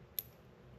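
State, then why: Seated. A crimped wire terminal is pushed into a slot of a white plastic bus bar connector while building a security bypass cable for a 2019-and-newer Ram 2500/3500. A single sharp, bright click sounds at 0.2 s over a quiet background. The terminal is seated in the connector.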